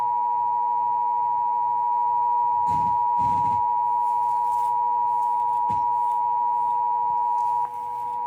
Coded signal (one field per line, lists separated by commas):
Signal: Emergency Alert System (SAME) tones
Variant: 853 and 960 Hz attention tone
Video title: EAS 7939-7956 EAS Alerts from 5/15/2025-5/17/2025 Pt. 2/3